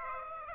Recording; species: mosquito wingbeat signal from an infrared sensor; Aedes aegypti